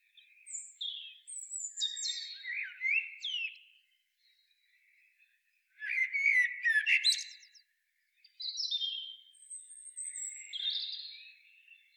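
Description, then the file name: Common blackbird song: rambling warbled notes and high squeaks, a louder dense phrase in the middle, then thin scratchy high twittering. "Turdus merula"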